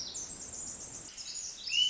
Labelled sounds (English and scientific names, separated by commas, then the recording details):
Pacific Wren (Troglodytes pacificus)
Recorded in Sonoma County, California